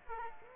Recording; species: mosquito wingbeat signal from an infrared sensor; Aedes aegypti